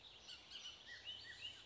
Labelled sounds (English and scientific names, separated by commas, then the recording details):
Bullock's Oriole (Icterus bullockii)
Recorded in Sonoma County, California